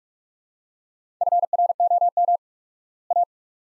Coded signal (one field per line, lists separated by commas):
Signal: Morse code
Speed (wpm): 44 wpm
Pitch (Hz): 700 Hz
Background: none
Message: FROM A